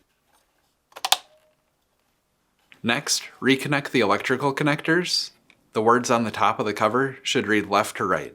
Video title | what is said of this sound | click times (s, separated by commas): How to replace Door Control Board (Powers Dispenser Functions) on your GE Refrigerator (WR55X36965) | Then, press down until the control board snaps back into place. | 1.0 s, 1.1 s